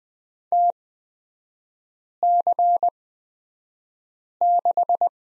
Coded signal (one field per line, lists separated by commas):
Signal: Morse code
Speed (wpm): 20 wpm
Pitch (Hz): 700 Hz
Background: none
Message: TC6